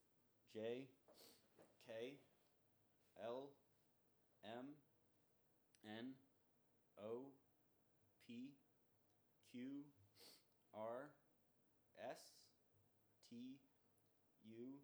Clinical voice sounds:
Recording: letters of the alphabet, spoken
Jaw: free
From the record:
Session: first day, before the bite bar

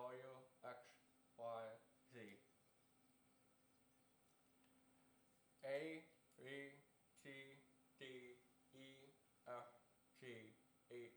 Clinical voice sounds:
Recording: letters of the alphabet, spoken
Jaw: constrained by a bite bar between the teeth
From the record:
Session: first day, right after the free take

